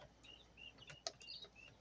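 A 10-round magazine is worked back into an SKS rifle by hand, metal on metal, with quiet scraping and rattling handling noise, a brief sharp metallic tick near 1.1 s, and faint high chirp-like tones in the background. Nothing has seated or clicked into place yet; the clip ends just before the magazine goes home.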